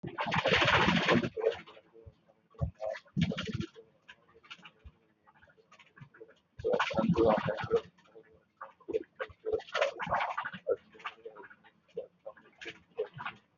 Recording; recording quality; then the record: counting at a normal pace; moderate, slight background noise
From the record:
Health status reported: healthy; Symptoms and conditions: none ticked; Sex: male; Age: 29 years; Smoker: not ticked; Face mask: worn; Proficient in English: yes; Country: India